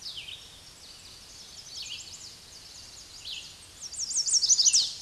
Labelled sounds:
Red-eyed Vireo song
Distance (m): 35 m
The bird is about 25 m above the microphone
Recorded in a Pennsylvania forest on 16 May 2024 at 06:31
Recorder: AudioMoth, point MSD-2208
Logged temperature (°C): 15.2 °C
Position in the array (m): 164 m, 71 m

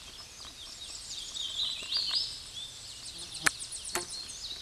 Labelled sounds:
Hooded Warbler song
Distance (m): 25 m
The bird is about 5 m above the microphone
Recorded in a Pennsylvania forest on 16 May 2024 at 08:31
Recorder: AudioMoth, point MSD-0661
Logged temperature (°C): 15.8 °C
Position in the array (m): 43 m, 129 m

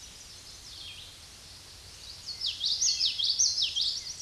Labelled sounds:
Common Yellowthroat song
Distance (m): 15 m
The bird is about 15 m above the microphone
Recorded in a Pennsylvania forest on 16 May 2024 at 08:14
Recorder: AudioMoth, point MSD-1342
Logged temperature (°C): 15.5 °C
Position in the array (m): 228 m, 187 m

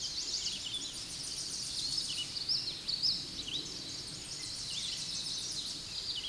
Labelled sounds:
Tennessee Warbler song
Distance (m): 50 m
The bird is about 15 m above the microphone
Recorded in a Pennsylvania forest on 16 May 2024 at 09:32
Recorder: AudioMoth, point MSD-2143
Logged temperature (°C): 16.0 °C
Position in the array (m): 73 m, 200 m

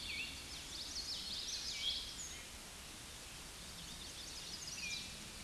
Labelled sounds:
Common Yellowthroat song
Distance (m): 40 m
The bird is about 5 m above the microphone
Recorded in a Pennsylvania forest on 16 May 2024 at 07:19
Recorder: AudioMoth, point MSD-1307
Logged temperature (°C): 16.6 °C
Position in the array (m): 236 m, 161 m

